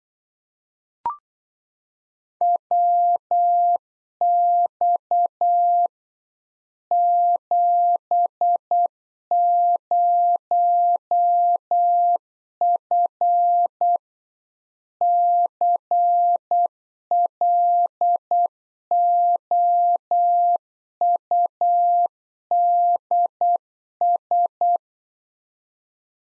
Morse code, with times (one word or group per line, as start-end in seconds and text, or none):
2.4-5.9 WX
6.9-14.0 70F
15.0-24.8 CLOUDS